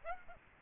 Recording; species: mosquito wingbeat signal from an infrared sensor; Aedes aegypti